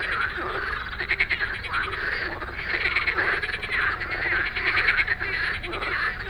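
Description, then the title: Many frogs croaking together, a thick rattling chorus with rapid pulses that rises and dips throughout. Many frogs giving an evening chorus after dark in Stromovka Park, Prague; 18 May 2022 from 22:08, recorded with a Sony PCM-D100. "Stromovka Park, Prague - Frog concert at Stromovka after dark"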